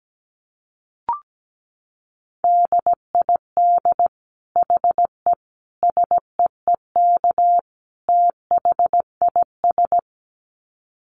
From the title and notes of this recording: Dit Challenge 17wpm. These are short phrases that contain almost all dits in Morse code. I used the letters e, i, s, h, and the number 5 almost entirely. First, the word is sent in Morse code.